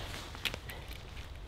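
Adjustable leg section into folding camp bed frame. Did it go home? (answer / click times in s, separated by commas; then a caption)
no / none. An adjustable two-piece leg section is handled while being fitted into a folding camp bed frame; it is meant to be pushed in until it clicks to tension the bed fabric. Two short sharp knocks are heard at about 0.5 s and 0.5 s over a low steady background. Nothing has seated or clicked into place yet.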